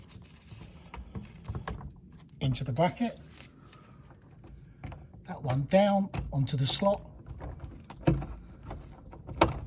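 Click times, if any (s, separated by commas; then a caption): 9.4 s. The spring end of a cordless blackout roller blind is pushed down into the slot of its wall bracket while someone talks. Soft taps and handling noises lead up to a sharp little click at 9.4 s as the spring end seats in the bracket.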